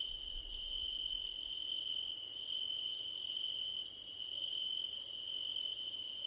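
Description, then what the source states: Crickets trilling in repeated high pulsed phrases about a second long, with a continuous ringing tone. Crickets at night under a starlit sky, nighttime ambience.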